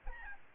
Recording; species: mosquito wingbeat signal from an infrared sensor; Aedes albopictus